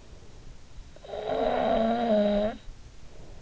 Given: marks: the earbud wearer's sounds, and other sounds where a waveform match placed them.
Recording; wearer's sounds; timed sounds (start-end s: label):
sounds in sleep by an in-ear microphone; snoring breath
0.71-3.22 s: snoring breath